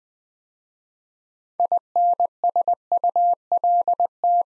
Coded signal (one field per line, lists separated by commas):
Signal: Morse code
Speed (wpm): 20 wpm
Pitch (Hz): 700 Hz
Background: none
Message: INSULT